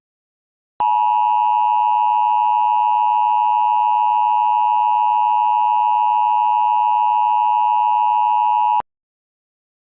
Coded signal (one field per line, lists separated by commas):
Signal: Emergency Alert System (SAME) tones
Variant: 853 and 960 Hz attention tone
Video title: K-Pop Demon Hunters Rampage - An EAS Scenario (POPULAR)